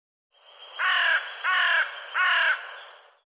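Bird giving three harsh, rasping caws in steady succession, each under half a second long.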